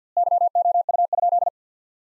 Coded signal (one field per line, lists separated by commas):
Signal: Morse code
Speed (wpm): 50 wpm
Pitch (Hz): 700 Hz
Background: none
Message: YOU?